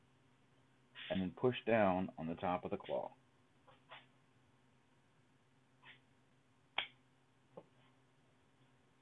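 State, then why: Seated. Someone talks while holding the trigger in place with a thumb and pushing down on the top of the claw in the trigger housing of an SA Sports Crusader Recurve crossbow. The claw and trigger sear latch with a sharp click at 6.8 s, followed by a fainter click at 7.6 s, leaving the crossbow essentially cocked.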